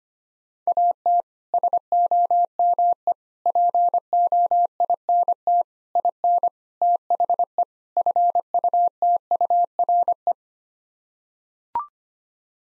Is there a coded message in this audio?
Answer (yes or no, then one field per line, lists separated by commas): yes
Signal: Morse code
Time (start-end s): 0.7-10.3 s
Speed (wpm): 25 wpm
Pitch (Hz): 700 Hz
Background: none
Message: AT SOME POINT IN THE FUTURE